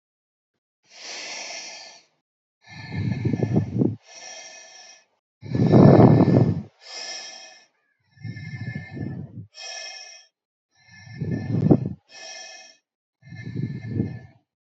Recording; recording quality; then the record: deep breathing; excellent, no background noise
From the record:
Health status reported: healthy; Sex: female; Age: 23 years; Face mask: not worn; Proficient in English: yes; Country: India